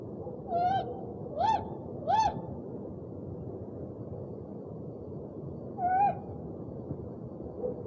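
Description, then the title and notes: Owl calls, four short harmonic hoots that rise and fall, three close together then one more after a pause, over a steady low rumble. Part of a set of 69 call variants from 11 owl species. "Sovy - Eulen - Owls. 69 variant hlasů - 11 druhů sov"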